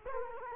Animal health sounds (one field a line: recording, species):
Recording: mosquito wingbeat signal from an infrared sensor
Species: Culex quinquefasciatus